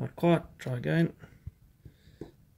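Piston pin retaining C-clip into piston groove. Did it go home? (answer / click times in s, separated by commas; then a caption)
yes / 2.2 s. Someone talks as a steel piston pin retaining C-clip is pushed into the piston pin groove on a GP 123cc Great Power engine on the second attempt. After the talk, a few faint taps come before a short, sharp click at 2.2 s as the clip snaps into its groove, seated.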